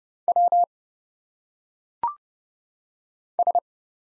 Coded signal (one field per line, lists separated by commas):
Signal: Morse code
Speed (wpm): 31 wpm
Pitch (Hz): 700 Hz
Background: none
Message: W S